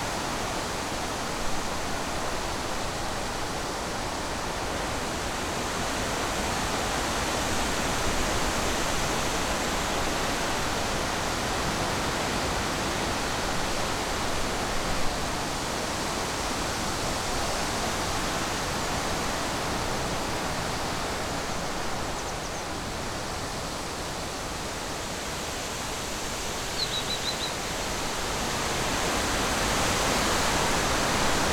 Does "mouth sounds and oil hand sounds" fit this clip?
no